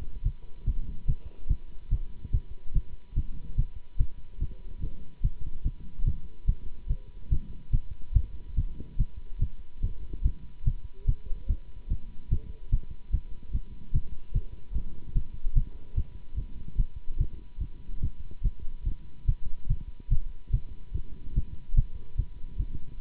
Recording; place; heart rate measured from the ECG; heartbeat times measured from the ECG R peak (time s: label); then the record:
heart sounds by stethoscope; between the tricuspid and mitral areas; 145 bpm
0.24 s: heartbeat
0.66 s: heartbeat
1.07 s: heartbeat
1.49 s: heartbeat
1.90 s: heartbeat
2.32 s: heartbeat
2.74 s: heartbeat
3.15 s: heartbeat
3.57 s: heartbeat
3.98 s: heartbeat
4.40 s: heartbeat
4.81 s: heartbeat
5.22 s: heartbeat
5.64 s: heartbeat
6.05 s: heartbeat
6.47 s: heartbeat
6.88 s: heartbeat
7.30 s: heartbeat
7.72 s: heartbeat
8.14 s: heartbeat
8.56 s: heartbeat
8.98 s: heartbeat
9.40 s: heartbeat
9.82 s: heartbeat
10.23 s: heartbeat
10.65 s: heartbeat
11.07 s: heartbeat
11.48 s: heartbeat
11.89 s: heartbeat
12.30 s: heartbeat
12.71 s: heartbeat
13.12 s: heartbeat
13.53 s: heartbeat
13.93 s: heartbeat
14.33 s: heartbeat
14.74 s: heartbeat
15.14 s: heartbeat
15.55 s: heartbeat
15.96 s: heartbeat
16.36 s: heartbeat
16.77 s: heartbeat
17.18 s: heartbeat
17.60 s: heartbeat
18.01 s: heartbeat
18.43 s: heartbeat
18.85 s: heartbeat
19.26 s: heartbeat
19.68 s: heartbeat
20.10 s: heartbeat
20.52 s: heartbeat
20.93 s: heartbeat
21.35 s: heartbeat
21.76 s: heartbeat
22.17 s: heartbeat
22.58 s: heartbeat
22.99 s: heartbeat
From the record:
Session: Bruce protocol treadmill stress test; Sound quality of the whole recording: good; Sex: male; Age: 24 years